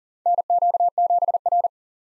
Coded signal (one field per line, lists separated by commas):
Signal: Morse code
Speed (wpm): 40 wpm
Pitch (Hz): 700 Hz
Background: none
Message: NQ7R